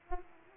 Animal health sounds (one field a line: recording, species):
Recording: mosquito wingbeat signal from an infrared sensor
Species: Aedes aegypti